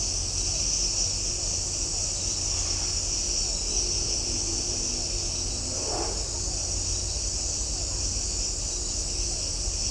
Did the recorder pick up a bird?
no